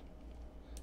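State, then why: Seated. An SD card is pushed pin side up into the card slot of a standalone video capture device, the Cloner Alliance ViewPro with a 7-inch screen. A low steady hum runs underneath until a short, bright click at 0.8 s as the card seats in the slot.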